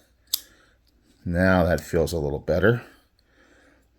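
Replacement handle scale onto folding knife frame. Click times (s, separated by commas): 0.3 s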